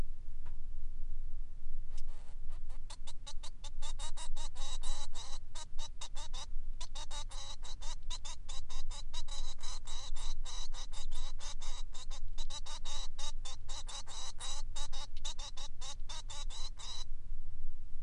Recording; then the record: song of a male Bengalese finch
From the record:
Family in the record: son of father 3